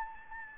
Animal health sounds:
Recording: mosquito wingbeat signal from an infrared sensor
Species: Anopheles gambiae

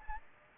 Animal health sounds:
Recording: mosquito wingbeat signal from an infrared sensor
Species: Aedes aegypti

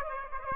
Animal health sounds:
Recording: mosquito wingbeat signal from an infrared sensor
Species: Aedes aegypti

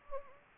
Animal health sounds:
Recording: mosquito wingbeat signal from an infrared sensor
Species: Anopheles gambiae

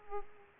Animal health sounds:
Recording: mosquito wingbeat signal from an infrared sensor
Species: Aedes aegypti

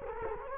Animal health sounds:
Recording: mosquito wingbeat signal from an infrared sensor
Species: Culex quinquefasciatus

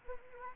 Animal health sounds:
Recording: mosquito wingbeat signal from an infrared sensor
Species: Anopheles arabiensis

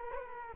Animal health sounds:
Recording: mosquito wingbeat signal from an infrared sensor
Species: Culex quinquefasciatus

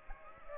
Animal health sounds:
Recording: mosquito wingbeat signal from an infrared sensor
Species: Aedes aegypti

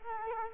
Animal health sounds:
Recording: mosquito wingbeat signal from an infrared sensor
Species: Culex quinquefasciatus

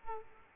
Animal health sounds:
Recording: mosquito wingbeat signal from an infrared sensor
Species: Aedes aegypti

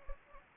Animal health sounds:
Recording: mosquito wingbeat signal from an infrared sensor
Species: Anopheles gambiae

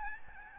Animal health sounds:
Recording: mosquito wingbeat signal from an infrared sensor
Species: Aedes albopictus

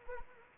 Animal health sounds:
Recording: mosquito wingbeat signal from an infrared sensor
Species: Anopheles arabiensis

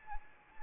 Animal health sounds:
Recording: mosquito wingbeat signal from an infrared sensor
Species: Anopheles arabiensis

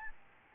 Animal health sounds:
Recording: mosquito wingbeat signal from an infrared sensor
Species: Aedes albopictus

